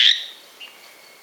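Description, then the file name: Sting's tree frog giving a single short, loud, high-pitched note right at the start, then near silence with one faint brief chirp. "Dendropsophus stingi"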